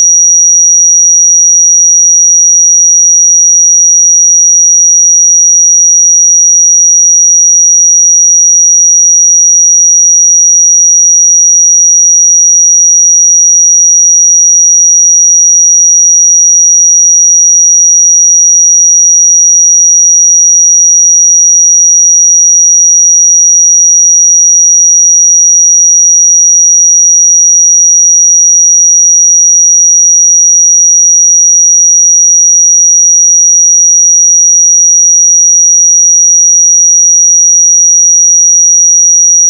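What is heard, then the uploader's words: A pure sine tone at 5764 Hz sounds without a break for the full forty seconds, a single thin, bright, high whistle. Its pitch and loudness never waver, and nothing else is heard around it. 5764 Hz 1 Hz Interval Sine Pure Tone Frequency 441000 Sample Mono.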